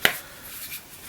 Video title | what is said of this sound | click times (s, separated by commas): Кошелек с клапаном на магните. Leather handmade wallet | that to snap into place now, all | 0.1 s